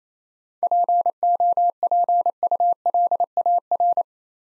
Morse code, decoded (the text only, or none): POPULAR